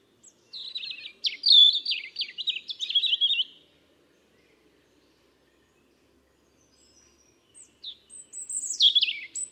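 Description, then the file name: European robin song: a tumbling phrase of high, thin, quickly changing notes, a long pause, then another phrase of shrill descending whistles. "Erithacus rubecula"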